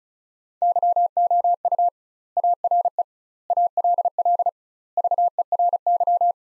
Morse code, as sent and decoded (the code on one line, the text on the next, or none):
-.-- --- ..- / .- .-. . / .- .-.. .-.. / ...- . .-. -.--
YOU ARE ALL VERY